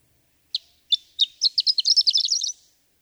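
Horned lark gives one song phrase, slow high chips quickening into a jingling, tinkling twitter that fades out at the end.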